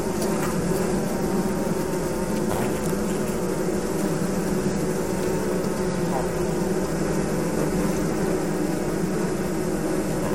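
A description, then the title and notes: Inside a beehive, a thick, steady hum of many bees fills the whole clip, strongest in a low, droning band with layered buzzing tones above it. The level barely changes, with only faint brief flickers, including one near the two-and-a-half-second mark. Two lapel microphones inside a beehive. Recorded by Martin Clarke in Młynik, Poland, August 2008.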